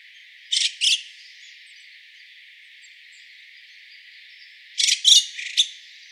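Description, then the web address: White-cheeked starling giving two rasping notes early, then a short cluster of three or four harsh, chattering calls near the end. Recorded 12 April 2013. "birdenaga mukudori 130412"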